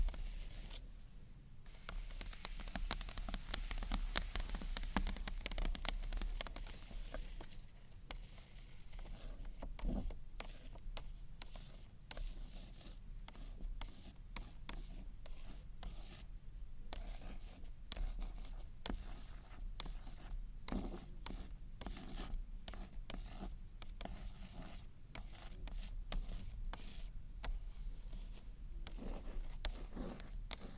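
Gentle scratchy tapping on books, a dense run of soft scraping and rubbing strokes with quick light taps scattered throughout. The texture is bright and rasping, busier in the first ten seconds, then settling into a steadier, slightly quieter rhythm of taps and scratches.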